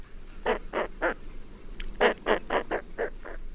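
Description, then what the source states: Roseate Spoonbill giving rough, clattering grunts in quick bursts, roughly three to four per second in two runs separated by a pause, with a faint steady high tone in the background. Lives year-round along the Gulf of Mexico.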